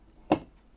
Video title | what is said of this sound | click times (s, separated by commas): How To Install Arctic Freezer 36 ARGB CPU Cooler Intel LGA1700 Socket | till you hear that click, and then do 1, 2, and then we'll do the other side. | 0.3 s